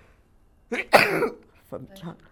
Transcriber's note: sneezes